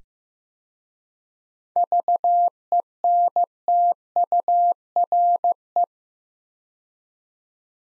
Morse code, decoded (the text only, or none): VENTURE